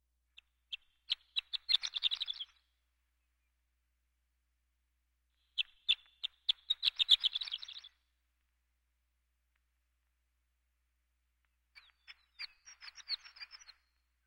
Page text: Horned Lark. Quick Sounds